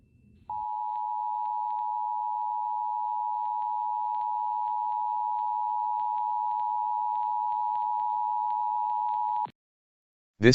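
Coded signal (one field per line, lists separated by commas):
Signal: Emergency Alert System (SAME) tones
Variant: 853 and 960 Hz attention tone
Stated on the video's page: Fictional EAS scenario about a 450 mph tornado.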